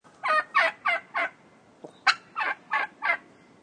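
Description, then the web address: Domestic turkey gobbling in rapid rattling bursts, about four quick gulps, a short pause, then a sharp squawk followed by three more bursts. Gobbling and squawking. "SFXSource AOS Turkey"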